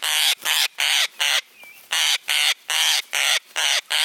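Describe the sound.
Parrot giving harsh, raspy squawks in a steady run of about two or three per second, with one brief pause.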